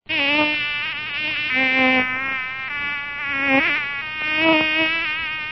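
Mosquito buzz, a steady harmonic whine that wavers slightly in pitch throughout, swelling and fading in loudness without pause.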